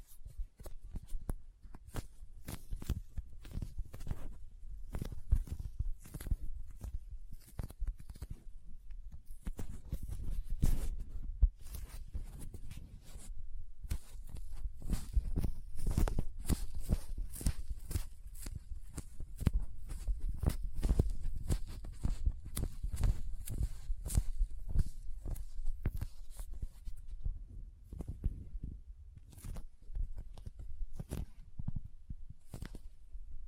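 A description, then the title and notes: Soft, squishy, sticky handling sounds mix with crinkling and cutting, forming a dense run of short clicks, snaps and rustles throughout. The activity is busiest from about ten to twenty-seven seconds, with a brief lull near thirteen seconds and sparser, quieter taps toward the end. Soft Squishy Sticky, Crinkle, Cutting Sounds.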